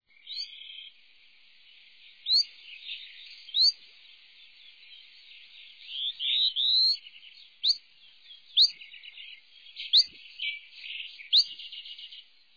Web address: chants et cris remizpenduline